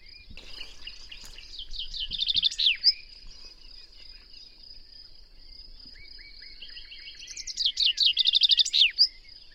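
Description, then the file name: Common chaffinch giving two songs a few seconds apart, each a fast descending series of notes closing with a flourish, against a constant high-pitched whine. "Fringilla coelebs"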